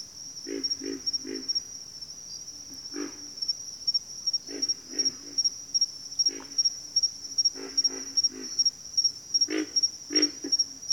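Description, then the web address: Pig frog grunts, single or in quick groups of up to three with pauses between, over steady high cricket chirping. "Natures Songs Sleep Sounds of Nature CRICKETS Pig Frogs"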